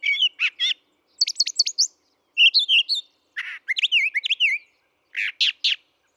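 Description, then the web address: Brown thrasher song of repeated phrase pairs, high thin chirps, down-slurred whistles and rougher buzzy notes, with short silences between groups. "birdsongforthecurious Brown Thrasher"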